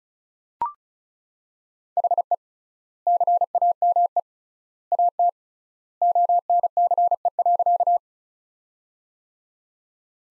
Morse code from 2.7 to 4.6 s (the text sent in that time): CAME